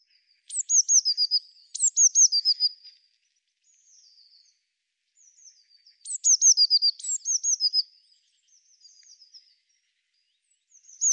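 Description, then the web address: Eurasian blue tit calls: two pairs of sharp, high notes that slide downward, with faint thin twitters between the bursts. "Deverinetal"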